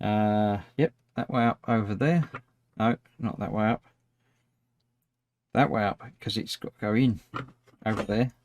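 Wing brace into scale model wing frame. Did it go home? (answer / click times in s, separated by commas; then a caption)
no / none. A plastic/metal wing brace for a DeAgostini 1:18 scale X-Wing model is handled and turned the right way up before it is pressed into the wing frame, where it should lock in place over the screw holes. Someone talks throughout, with a quiet gap from about 3.9 to 5.5 seconds. The clip ends before the brace goes home, so nothing has seated or clicked yet.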